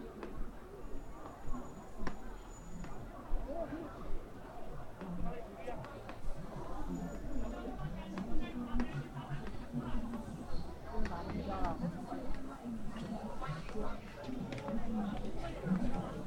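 A crowd at Hongya Cave in Chongqing talks continuously, many voices overlapping into a dense, steady murmur for the whole sixteen seconds. Short clicks and knocks break through now and then, and a low rumble sits underneath, stronger during the first half.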